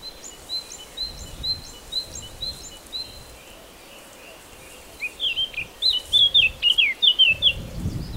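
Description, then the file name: Eurasian blackcap warbling: a brief series of thin, high repeated notes, then a loud, rapid warbled phrase of twisting notes lasting about two seconds. "Sylvia atricapilla"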